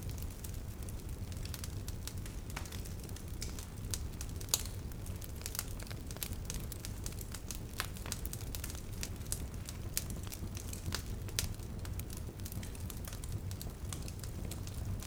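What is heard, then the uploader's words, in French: A fire crackles steadily over a low roaring rumble, with frequent sharp snaps and pops scattered irregularly throughout, a few louder near the middle. L'ambiance chaleureuse d'un feu crépitant.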